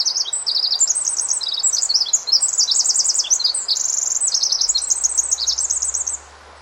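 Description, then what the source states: Pacific Wren singing a fast, high-pitched stream of trills and chattering notes that changes pitch constantly, running for about six seconds and then ending. Song packs an immense number of very fast notes into a short time; local bird.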